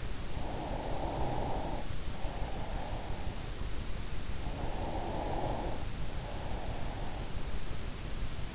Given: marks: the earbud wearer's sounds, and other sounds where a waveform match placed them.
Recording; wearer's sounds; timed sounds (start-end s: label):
sounds in sleep by an in-ear microphone; breath
0.00-3.35 s: breath
4.39-7.54 s: breath